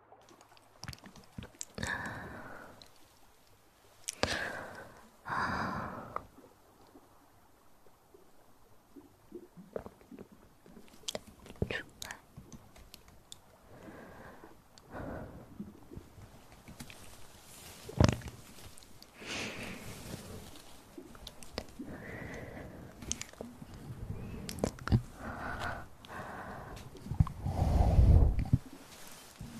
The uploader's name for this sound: Ear Massage & Mouth Sounds